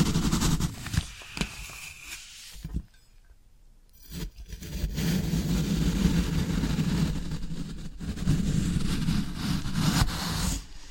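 Floral foam being worked with a dense, low crumbling scrape, sharp snaps scattered throughout, and a quiet pause around three to four seconds.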